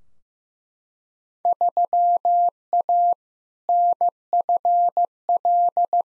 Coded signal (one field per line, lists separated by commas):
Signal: Morse code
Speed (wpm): 15 wpm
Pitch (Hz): 700 Hz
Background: none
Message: 3A NFL